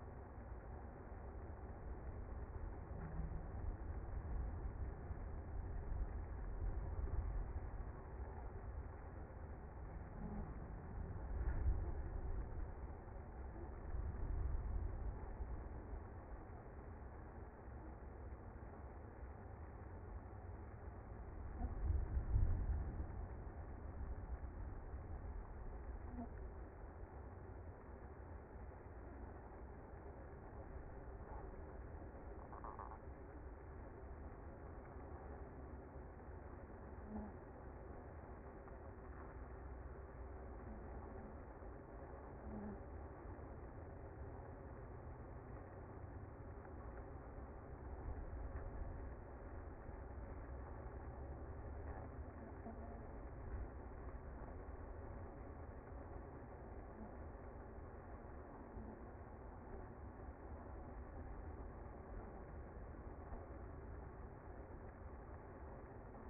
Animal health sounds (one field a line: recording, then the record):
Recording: honeybee colony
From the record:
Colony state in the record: active